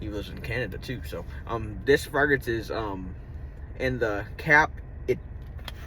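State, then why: Seated. Someone talks while putting the cap back onto a Jaguar Classic cologne spray bottle. A short, sharp click at 5.7 s marks the cap snapping shut and seating firmly into place.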